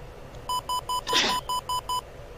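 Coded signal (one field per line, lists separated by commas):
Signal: none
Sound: game beeps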